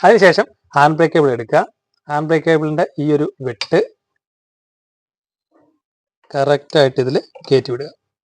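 Someone talks while feeding the rear handbrake cable end into the slot on the brake shoe lever of a rear drum brake on an Alto K10, Alto or Wagon R, with the spring held back using pliers. Apart from speech, only a very faint tick stands out at 4.2 seconds, during a pause. The cable end has not seated or clicked into the lever yet.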